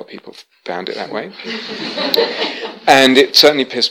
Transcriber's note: laughter